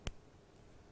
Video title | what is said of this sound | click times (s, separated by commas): JewelleryMaker LIVE 18/03/17 6PM - 11PM | it's got a really good click um | 0.1 s